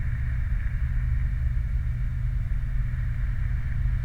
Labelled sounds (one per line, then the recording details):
vehicle
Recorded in the Prudhoe Bay oil fields, Alaska, on 29 July 2019 at 00:58
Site 29